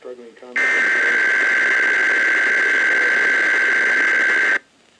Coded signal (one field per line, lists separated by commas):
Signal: Emergency Alert System (SAME) tones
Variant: header bursts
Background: speech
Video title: Idaho's RMT (EAS #3645-3647)